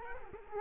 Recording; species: mosquito wingbeat signal from an infrared sensor; Culex quinquefasciatus